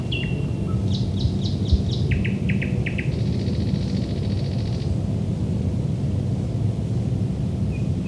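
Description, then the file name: Thrush nightingale song: a whistled note, rapid repeated chopping notes in two series, then a long dry rattle, over steady low background noise. Recorded at Lohne in 2010. "sprosserlohne"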